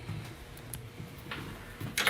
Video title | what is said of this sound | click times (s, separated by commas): Compressor vs CO2 | I put down and we snap in place. Oh, it didn't snap and I can't reach it. | none